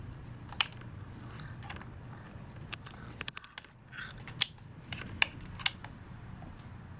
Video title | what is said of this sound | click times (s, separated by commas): Yuneec Typhoon H UHD 4K Drone Review: Uploaded in 4K with 4K Video Footage from the Drone | when you're ready to fly it you just simply flip these up they'll click into place and | 0.6 s, 3.3 s, 5.2 s